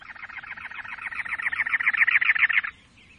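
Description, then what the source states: Cactus wren song: a harsh, grating run of rapid, evenly repeated chugging notes, steady in pitch. Sings perched atop a many-lobed cactus in the Arizona desert in late April, over 90 degrees by 11 a.m.; then hops down to its nest in a prickly pear.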